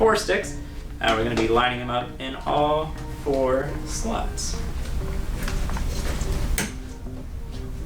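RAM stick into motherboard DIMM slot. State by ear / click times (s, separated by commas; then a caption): seated / 6.6 s. Someone talks over background music while four RAM sticks are pushed down into all four motherboard DIMM slots. A sharp click at 6.6 s is the retention latch snapping shut as a stick seats securely in its slot.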